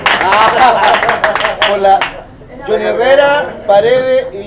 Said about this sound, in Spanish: Aplausos por Jesucristo, Lucho Jara y Don Francisco. Y Don Francisco. ¡Aplausos!